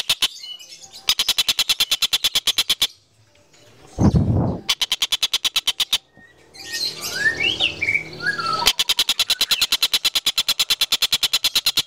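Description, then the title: Van Hasselt's sunbird song: rapid, even trains of sharp ticking pulses broken by a short burst of varied squeaky chirps and a brief low rustle. A master song for training cage birds; local name kolibri ninja; described as melodious, clear and loud. "Suara Kolibri Ninja Pilihan MERDU, JELAS DAN LANTANG Cocok Dijadikan Masteran Burung Anda"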